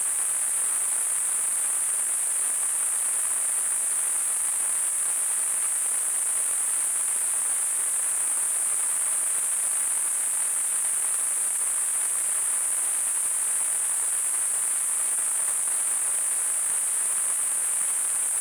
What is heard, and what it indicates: Tinnitus.